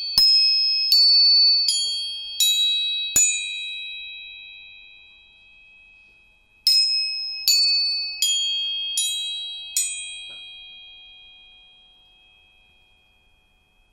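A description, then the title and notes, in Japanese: A tuning fork is struck in two quick runs of five taps, one near the start and another around the seventh second, each tap about a second apart. Bright, pure metallic tones ring on and fade slowly between and after the strikes; otherwise it is silent. 音叉チューニング全体性。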